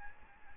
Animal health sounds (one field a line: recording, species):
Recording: mosquito wingbeat signal from an infrared sensor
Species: Aedes albopictus